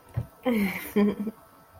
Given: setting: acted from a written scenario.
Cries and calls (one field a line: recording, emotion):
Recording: vocal sound without words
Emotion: romantic love